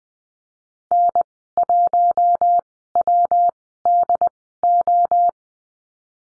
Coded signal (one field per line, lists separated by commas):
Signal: Morse code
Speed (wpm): 20 wpm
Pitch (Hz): 700 Hz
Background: none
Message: N1WDO